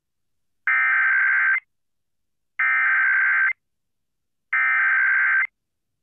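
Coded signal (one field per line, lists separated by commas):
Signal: Emergency Alert System (SAME) tones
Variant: header bursts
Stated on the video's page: Broadcast EAS activation relayed by an AM station for an AMBER Alert, with siren.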